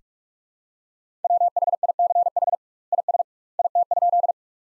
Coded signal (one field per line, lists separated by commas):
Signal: Morse code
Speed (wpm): 46 wpm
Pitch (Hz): 700 Hz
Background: none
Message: WHICH IS IT?